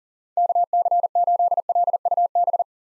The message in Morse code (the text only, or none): KC8LUB